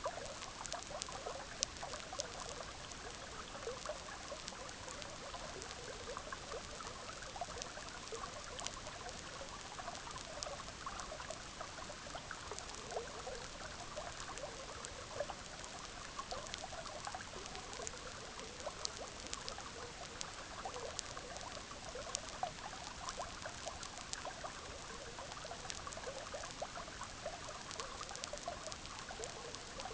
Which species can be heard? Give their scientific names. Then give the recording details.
none. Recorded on Arctic tundra, site EABA-MC, on 18 June 2019. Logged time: 06:00